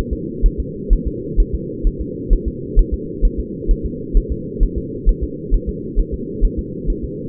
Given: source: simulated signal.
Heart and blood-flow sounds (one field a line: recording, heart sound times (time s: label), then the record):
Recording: fetal heart sounds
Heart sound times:
0.13 s: S2
0.46 s: S1
0.60 s: S2
0.93 s: S1
1.08 s: S2
1.40 s: S1
1.55 s: S2
1.87 s: S1
2.01 s: S2
2.33 s: S1
2.48 s: S2
2.79 s: S1
2.94 s: S2
3.25 s: S1
3.40 s: S2
3.71 s: S1
3.86 s: S2
4.17 s: S1
4.32 s: S2
4.63 s: S1
4.78 s: S2
5.09 s: S1
5.23 s: S2
5.54 s: S1
5.69 s: S2
6.00 s: S1
6.14 s: S2
6.44 s: S1
6.59 s: S2
6.90 s: S1
7.04 s: S2
From the record:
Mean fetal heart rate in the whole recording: 130 bpm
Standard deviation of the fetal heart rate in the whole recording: 2 bpm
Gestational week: 38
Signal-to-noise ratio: -4.1 dB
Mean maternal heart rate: no maternal heart sound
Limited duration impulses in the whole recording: absent